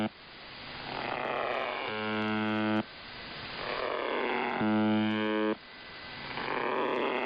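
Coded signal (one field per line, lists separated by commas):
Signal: channel marker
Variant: UVB-76 (The Buzzer)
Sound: two short harsh low buzzes about 2.7 seconds apart, separated by hissing static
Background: radio static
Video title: [2023/01/15] UVB-76 奇妙なブザー音 strange buzzing sound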